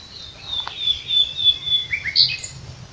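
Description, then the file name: Common nightingale sustaining a thin, level whistle that swells and then breaks into a brief loud chirping flourish. "Luscinia megarhynchos"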